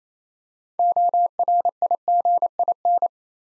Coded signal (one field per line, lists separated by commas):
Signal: Morse code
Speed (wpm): 28 wpm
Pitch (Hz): 700 Hz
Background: none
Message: ORIGIN